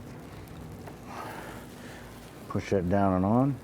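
An electrical connector is lined up onto the AC pressure switch on the AC line of a 1999–2004 Jeep Grand Cherokee 4.7L V8 during a radiator replacement. Faint rustling and handling noise with a small tap near 0.9 s is heard, then someone talks toward the end. The connector is only being lined up, and nothing has clicked or seated yet.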